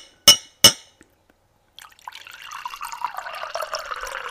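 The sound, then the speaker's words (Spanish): Two sharp glassy clinks, then a pause before a steady, hissing stream of liquid pours into a glass, bubbling and splashing without letup until the end. “Ay, perdóname que tenía que mear aquí en directo.”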